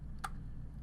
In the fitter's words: and then let it click right into the right spot and we can just take this track